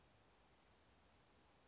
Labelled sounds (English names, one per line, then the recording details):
Western Flycatcher
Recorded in Sonoma County, California